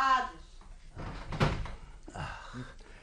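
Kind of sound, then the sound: household object, door being closed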